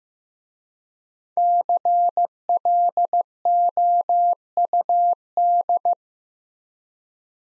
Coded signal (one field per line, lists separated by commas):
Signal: Morse code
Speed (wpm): 15 wpm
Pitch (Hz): 700 Hz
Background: none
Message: CLOUD